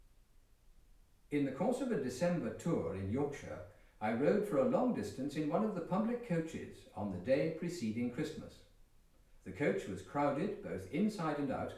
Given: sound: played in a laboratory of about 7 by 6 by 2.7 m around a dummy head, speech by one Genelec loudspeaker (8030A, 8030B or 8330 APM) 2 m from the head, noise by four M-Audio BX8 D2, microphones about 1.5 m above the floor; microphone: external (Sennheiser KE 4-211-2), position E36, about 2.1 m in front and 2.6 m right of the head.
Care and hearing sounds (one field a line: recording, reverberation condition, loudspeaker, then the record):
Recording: male speech in English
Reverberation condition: medium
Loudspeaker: 150 degrees to the left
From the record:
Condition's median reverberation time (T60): about 510 ms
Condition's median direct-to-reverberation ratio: about -0.5 dB